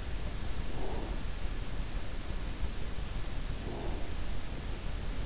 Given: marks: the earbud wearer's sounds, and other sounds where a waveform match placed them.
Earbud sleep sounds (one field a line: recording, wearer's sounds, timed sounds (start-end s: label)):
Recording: sounds in sleep by an in-ear microphone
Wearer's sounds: breath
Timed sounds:
0.49-1.36 s: breath
3.43-4.21 s: breath